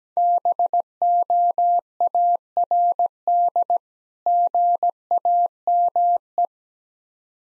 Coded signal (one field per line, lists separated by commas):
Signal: Morse code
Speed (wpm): 17 wpm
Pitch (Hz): 700 Hz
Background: none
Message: BOARD GAME